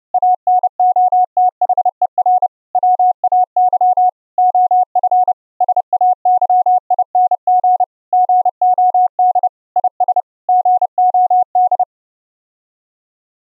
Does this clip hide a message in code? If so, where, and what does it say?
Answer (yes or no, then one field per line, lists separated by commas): yes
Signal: Morse code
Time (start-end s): 0.1-11.8 s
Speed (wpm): 30 wpm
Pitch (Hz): 730 Hz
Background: none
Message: ANOTHER WAY OF SAYING GOD IS GOD